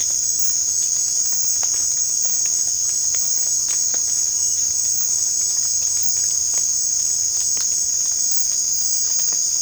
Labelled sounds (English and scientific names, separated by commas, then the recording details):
none
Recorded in secondary vegetation near Puerto Asís, Putumayo, Colombia, on 22 December 2024 at 18:30
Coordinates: 0.499, -76.323
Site G010